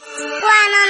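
Cheetah call: one drawn-out, harmonic, meow-like note, swelling slightly in loudness midway.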